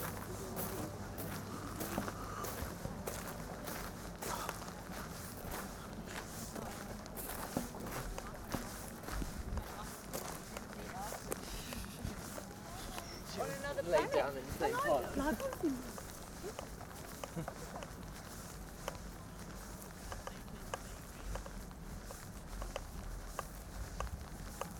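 A night walk at Glastonbury from the big sign to a tent: steady footsteps under a busy murmur of voices, with a louder burst around fourteen seconds.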